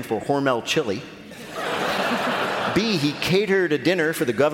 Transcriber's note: laughter